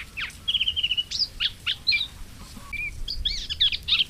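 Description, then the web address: Moustached warbler singing short whistled runs and scratchy chirps that jump between high and middle pitches, with a brief steady note midway. "Madardalok Fülemülesitke"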